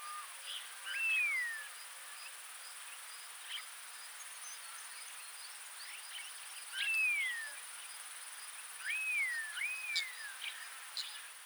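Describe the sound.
Neumann's starling giving clear, downslurred whistles: one early, one midway, then a quick pair near the end, over a steady high-pitched insect drone.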